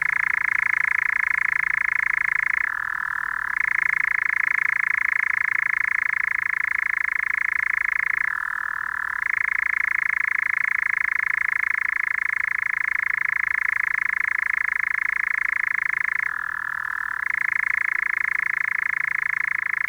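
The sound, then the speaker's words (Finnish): A European nightjar churrs in one long, unbroken mechanical trill, loud and steady, briefly shifting pitch three times before resuming the same even reeling with no voices present. “Tämän hyrinän monet tuntevat. Sen saa aikaan kehrääjä, hämärän lintu.”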